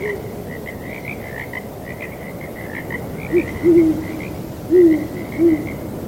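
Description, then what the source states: Owl hooting, four short low hoots in the second half, while a dense frog chorus croaks and trills throughout over soft wind noise. Owls hooting at night alongside frogs, breezy weather.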